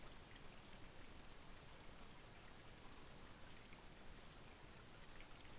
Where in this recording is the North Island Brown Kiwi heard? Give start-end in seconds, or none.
none